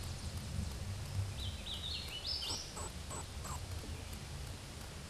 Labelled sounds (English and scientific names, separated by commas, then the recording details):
Hooded Warbler (Setophaga citrina) song
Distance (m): 30 m
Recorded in a Pennsylvania forest on 18 May 2023 at 10:15
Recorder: AudioMoth, point grid1_38_low
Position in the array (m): 229 m, 139 m